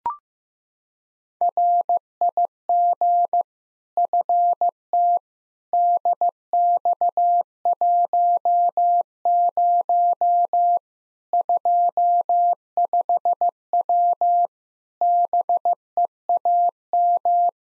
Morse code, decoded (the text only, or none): RIG FT DX10 25W BEAM